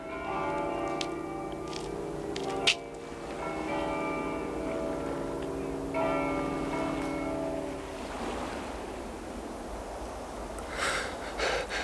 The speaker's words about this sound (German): Die Glocken läuten immer weiter.